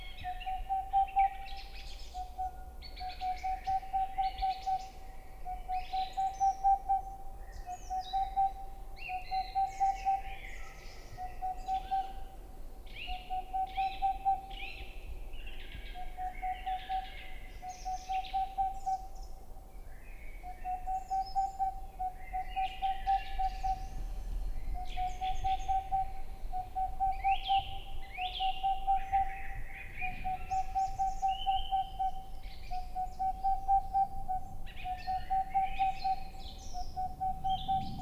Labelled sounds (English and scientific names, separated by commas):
Boreal Owl (Aegolius funereus)